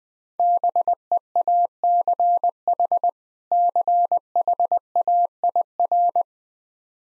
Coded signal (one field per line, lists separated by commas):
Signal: Morse code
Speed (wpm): 21 wpm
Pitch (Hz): 700 Hz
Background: none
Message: BEACH CHAIR